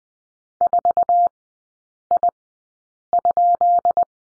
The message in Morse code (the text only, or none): 4I?